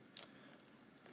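A hex driver bit is released from the quick-release chuck of a DeWALT 20V MAX lithium-ion 1/4" impact driver (DCF885C2) by pulling the chuck's release collar one-handed. A sharp metallic click at 0.2 s marks the release, followed by faint ticks and a small rattle near 1.1 s. The bit comes out of the chuck.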